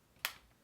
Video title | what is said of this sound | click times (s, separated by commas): 115mm Swarovski Spotting Scope Review. | There we go, it just clicked. You guys should have heard that click. | 0.2 s